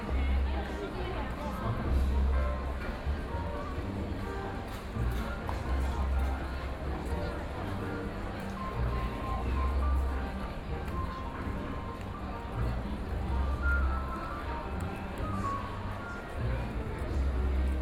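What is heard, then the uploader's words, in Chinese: A busy public square fills with a steady murmur of many overlapping voices, over a low rumble of traffic that swells and fades. 自由廣場。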